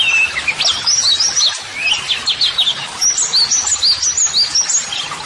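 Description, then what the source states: White-eye song, a rapid run of high sliding whistles and chirps tumbling up and down without pause. Pleci singing actively ('gacor'), offered as a 'masteran' model song for training birds to answer, and as 'audio terapi'.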